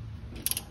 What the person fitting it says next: oh tumunog na oh ' ba lumagitik ibig sabihin Okay na siya Yun